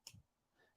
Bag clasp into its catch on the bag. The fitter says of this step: see you might hear it click in